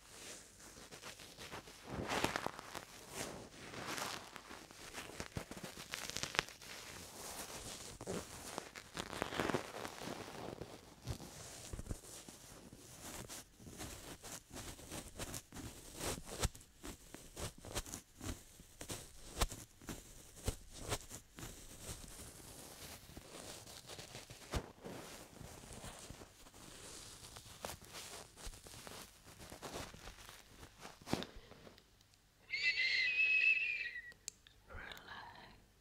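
Ear cupping and massage produce dense, uneven rustling and rubbing, with frequent sharp crackles and soft thumps through the first half. The rubbing thins into quieter, scattered scratches, then near 32 seconds a brief bright whistling squeak rises before the handling resumes.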